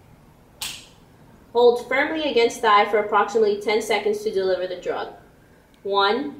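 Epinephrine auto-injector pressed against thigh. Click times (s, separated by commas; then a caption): 0.6 s. An epinephrine auto-injector pen is swung and its orange tip pushed firmly against the outer thigh until the device clicks and fires. A single sharp click is heard at 0.6 s, then someone talks. The auto-injector has activated.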